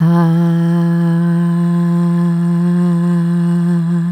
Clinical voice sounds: sustained vowel /a/; female; 40 to 49 years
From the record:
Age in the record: 43 years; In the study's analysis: included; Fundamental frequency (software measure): 170 Hz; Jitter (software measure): 0.31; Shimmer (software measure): 0.45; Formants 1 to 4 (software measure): 964 Hz, 1697 Hz, 3271 Hz, 4098 Hz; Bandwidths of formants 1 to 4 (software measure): 111 Hz, 159 Hz, 296 Hz, 348 Hz

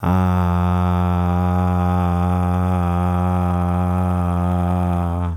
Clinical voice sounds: sustained vowel /a/; male; 40 to 49 years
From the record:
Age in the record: 42 years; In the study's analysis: included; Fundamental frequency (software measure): 89 Hz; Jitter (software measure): 0.36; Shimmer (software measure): 1.02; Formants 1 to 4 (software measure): 783 Hz, 1278 Hz, 2501 Hz, 3393 Hz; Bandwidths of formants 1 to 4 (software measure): 128 Hz, 138 Hz, 348 Hz, 200 Hz

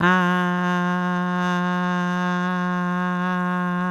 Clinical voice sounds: sustained vowel /a/; female; 40 to 49 years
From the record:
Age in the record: 49 years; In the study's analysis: included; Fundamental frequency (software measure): 179 Hz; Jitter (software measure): 0.27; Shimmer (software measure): 0.69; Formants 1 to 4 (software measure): 1000 Hz, 1610 Hz, 2809 Hz, 3603 Hz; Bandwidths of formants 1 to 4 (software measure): 151 Hz, 219 Hz, 188 Hz, 162 Hz

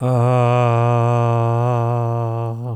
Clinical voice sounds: sustained vowel /a/; male; 70 to 79 years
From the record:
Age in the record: 71 years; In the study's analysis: included

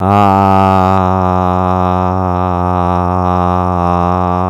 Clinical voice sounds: sustained vowel /a/; male; 50 to 59 years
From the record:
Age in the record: 52 years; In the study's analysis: included

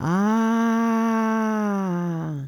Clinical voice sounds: sustained vowel /a/; female; 60 to 69 years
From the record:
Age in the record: 66 years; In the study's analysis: excluded

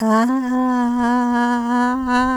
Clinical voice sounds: sustained vowel /a/; female; 70 to 79 years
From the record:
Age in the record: 70 years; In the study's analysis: excluded

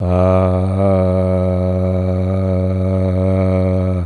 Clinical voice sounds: sustained vowel /a/; male; 70 to 79 years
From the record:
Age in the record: 72 years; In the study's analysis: included

